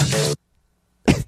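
Two brief bursts about a second apart from an adult man: a short, faintly voiced throat sound lasting about a third of a second, then a sharper, quieter puff. Together they make a small, weak pre-cough, the kind that comes just before a fuller, choking-sounding coughing fit.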